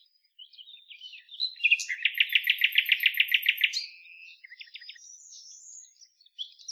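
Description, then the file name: Common nightingale singing a fast, loud run of about a dozen identical throbbing notes under a thin high whistle, followed by quieter scattered chips and twitters. "Luscinia megarhynchos"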